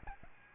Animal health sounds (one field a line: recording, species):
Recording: mosquito wingbeat signal from an infrared sensor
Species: Aedes albopictus